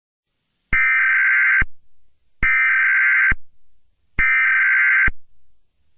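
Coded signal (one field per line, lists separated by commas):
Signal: Emergency Alert System (SAME) tones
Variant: header bursts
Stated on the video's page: Fictional mock of a Contagious Disease Warning, a SAME code that has never been issued.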